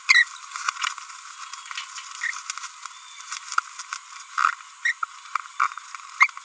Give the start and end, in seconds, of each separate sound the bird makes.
0.09-0.23, 4.85-4.92, 6.21-6.30